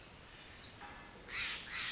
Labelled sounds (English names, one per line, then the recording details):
Pacific Wren
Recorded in Sonoma County, California